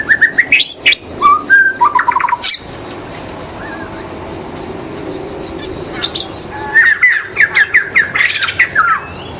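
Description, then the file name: White-rumped shama song: bursts of whistled and chattering phrases, loud notes early, a quiet middle, then a rapid run of repeated bright notes near the end. In the forest. "murai batu di hutan"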